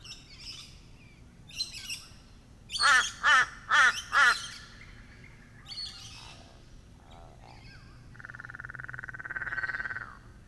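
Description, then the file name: Crow giving four loud harsh caws in quick succession. Scattered softer calls come before them, and a buzzing trill follows over steady background hum. "crow corbeau"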